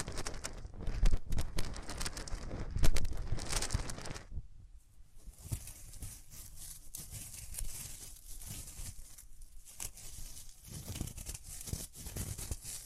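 Hands rub against the ears, making dense, scratchy friction with bursts of crackling through the first four seconds. A brief lull follows, then softer, intermittent rubbing returns with occasional brighter swishes near ten and twelve seconds. No voice is heard.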